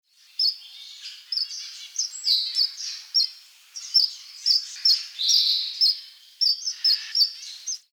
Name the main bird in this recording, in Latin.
Amandava amandava